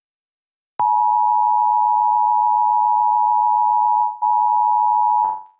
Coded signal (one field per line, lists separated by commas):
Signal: Emergency Alert System (SAME) tones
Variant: 853 and 960 Hz attention tone